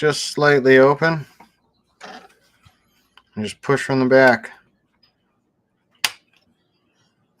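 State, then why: Seated. Someone talks while pushing plastic body mount clips from the back onto a 1/18 RC car chassis. A sharp, loud click at 6.0 s marks the clips seating in place.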